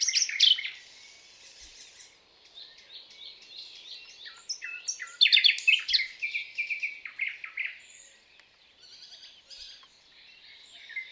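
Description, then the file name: Common nightingale song, bursts of loud rapid notes and whistles alternating with softer chatter and short pauses. "Luscinia megarhynchos"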